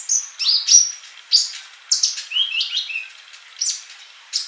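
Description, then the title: Bird song with high whistled notes and a few lower, descending chirped slurs, in uneven short phrases. "Kicau Burung"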